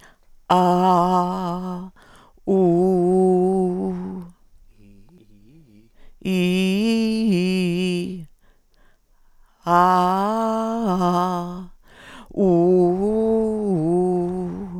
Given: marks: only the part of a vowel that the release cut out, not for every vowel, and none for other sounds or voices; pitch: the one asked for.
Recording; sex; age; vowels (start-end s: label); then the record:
sustained vowels; female; 70 to 79 years
0.64-1.52 s: vowel /a/, low pitch
2.59-3.66 s: vowel /u/, low pitch
6.42-7.90 s: vowel /i/, low-high-low pitch
9.88-11.33 s: vowel /a/, low-high-low pitch
12.54-14.22 s: vowel /u/, low-high-low pitch
From the record:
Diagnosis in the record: recurrent laryngeal nerve paralysis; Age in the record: 72 years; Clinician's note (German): Links, strumiprive, geringe Restbeweglichkeit